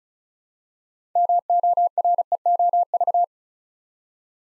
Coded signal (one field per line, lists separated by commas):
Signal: Morse code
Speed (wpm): 36 wpm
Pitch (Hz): 700 Hz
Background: none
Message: MOREOV